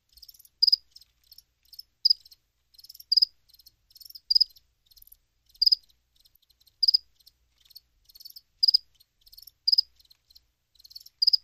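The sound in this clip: Cricket calling with high trilled chirps roughly once a second, a steady pattern of loud pulses separated by softer scattered ticks.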